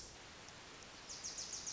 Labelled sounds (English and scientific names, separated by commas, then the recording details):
Wilson's Warbler (Cardellina pusilla)
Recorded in Sonoma County, California